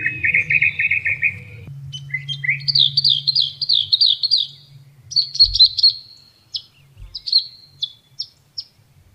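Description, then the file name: Northern mockingbird song in varied bursts: a buzzy chattering phrase, then sweeping whistled notes repeated in quick runs, then sharp separate chips, with low rumbling beneath. "kicauan burung northern mockingbird. omkicau"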